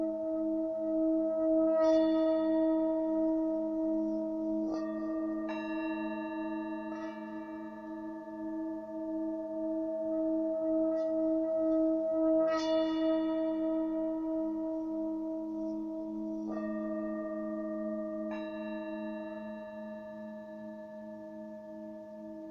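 Tibetan bells ring in a sustained, shimmering drone of low and middle tones that hang steadily throughout. Fresh strikes land every few seconds, around 2, 5, 7, 12, 16 and 18 seconds, each adding a bright ping before fading back into the hum.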